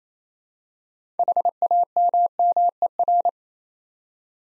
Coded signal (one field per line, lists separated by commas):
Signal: Morse code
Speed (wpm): 29 wpm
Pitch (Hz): 700 Hz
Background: none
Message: HAMMER